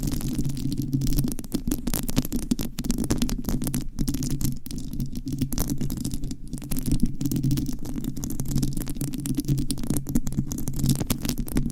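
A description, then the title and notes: Dense scratching and tapping against a microphone, a continuous rough rasp with a steady low rumble underneath. Quick irregular clicks and taps cut through constantly, some sharper ones standing out around the fourth and sixth seconds, with no pauses throughout. ASMR Mic Scratching - Brain Scratching & Tapping with Rhinestones on Mic Asmr No Talking.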